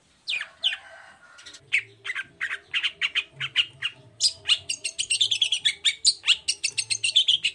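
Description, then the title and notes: Long-tailed shrike song, a stream of sharp chirps that speeds into a dense, high, twittering rush, over a faint low hum. Morning song with varied 'toet toet' notes, used as a lure to provoke other shrikes into answering and singing along. "Cendet Gacor Dor Di Kala Pagi Toet Toet Variasi Suara. Pancingan Emosi Cendet Gacor Full Variasi Toet Toet Bikin Nyaut Cendet Lain Langsung Ikutan Bunyi. Burung cendet"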